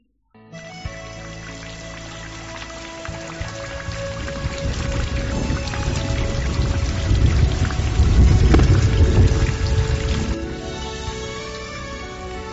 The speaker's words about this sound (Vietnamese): Đêm hôm đó, lại là gió giật mưa tuôn.